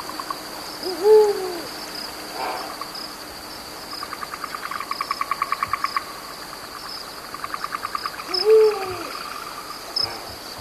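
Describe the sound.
Eurasian eagle-owl hooting: two deep, arched hoots about seven and a half seconds apart, with rapid pulsing insect trills and a steady high insect whine between them.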